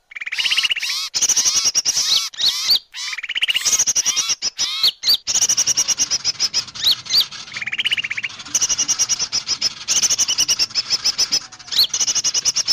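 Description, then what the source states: Many birds mixed together: curving whistles and chirps early, then steady high twittering with a buzzy trill midway and a soft low hum. Lure recording, 'pikat 1000 burung', a lure presented as the calls of a thousand birds.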